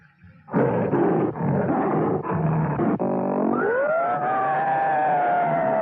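A big cat roars loudly in several rough, growling bursts, then the sound gives way to a sustained, wavering tonal cry that bends upward and holds.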